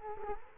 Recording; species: mosquito wingbeat signal from an infrared sensor; Culex quinquefasciatus